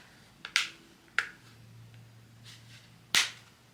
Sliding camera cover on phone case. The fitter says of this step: it locks into place so that it's not just going to pop right open you have to actually push to force it open